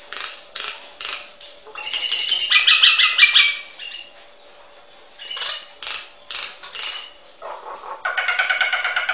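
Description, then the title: Nias hill myna song of repeated scratchy, buzzy notes broken by a loud, rich chattering phrase, then more rasping calls and a closing rattled burst. Bird described as singing actively and very loudly; recording meant as tutor song for training other birds. "Burung Jalak Nias Gacor Suara Super Gledek Untuk Masteran"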